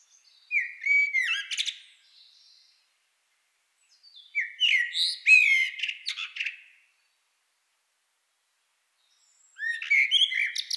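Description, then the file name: Common blackbird song in three separate phrases a few seconds apart, each a fluty warbled opening followed by thin, squeaky high twitters, with silent pauses between. "Turdus merula"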